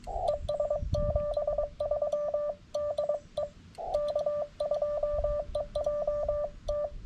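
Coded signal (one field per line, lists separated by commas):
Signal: Morse code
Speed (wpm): 22 wpm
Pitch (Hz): 590 Hz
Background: none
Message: ES 73 DE K2EJT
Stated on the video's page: CW Summits on the Air activation on an FT-891 at higher power; band conditions better than expected, fast activation.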